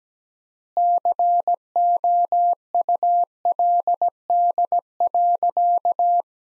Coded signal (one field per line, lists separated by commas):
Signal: Morse code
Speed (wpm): 17 wpm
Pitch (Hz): 700 Hz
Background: none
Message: COULD.